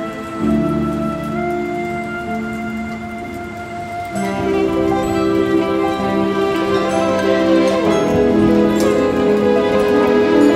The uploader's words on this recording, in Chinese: 鋼琴音樂配合雷雨的聲音。